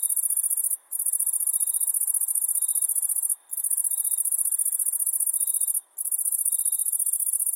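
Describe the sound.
Cicada producing a steady, piercing high buzz interrupted by short gaps roughly every two and a half seconds, with faint lower tones in the background.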